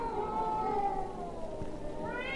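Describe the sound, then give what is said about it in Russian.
Cats caterwauling in a drawn-out, wavering yowl, the pitch sliding and quavering over a couple of seconds, with a second higher wail rising at the end. No talking. “Такие концерты происходят на крышах домов по ночам. В марте кошкам они очень нравятся. Ну, чего нельзя сказать о людях, которые живут в этих домах. Концерты кончаются отчаянной потасовкой между певцами.”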